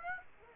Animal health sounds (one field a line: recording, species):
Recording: mosquito wingbeat signal from an infrared sensor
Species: Aedes aegypti